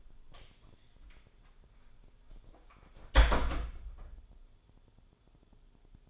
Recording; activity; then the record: daily activity, microphone in the room; close door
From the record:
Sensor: 5